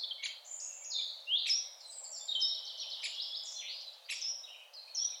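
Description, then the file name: Eurasian wren song, with high ringing whistles and rapid twittering runs that swell and fall in several quick phrases. "Troglodytes troglodytes"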